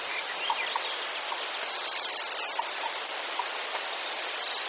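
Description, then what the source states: Varied thrush song: a thin, high, buzzy whistle lasting about a second, partly masked by steady rushing noise, with faint chirps near the end. Denali, Alaska, 7 June 2014.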